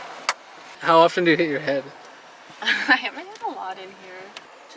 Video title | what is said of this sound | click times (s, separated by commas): VAN TOUR // Delica Van Conversion // Canadian Travel Couple living the VanLife! | So this one, you just snap into place. | 0.3 s